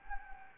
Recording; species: mosquito wingbeat signal from an infrared sensor; Anopheles gambiae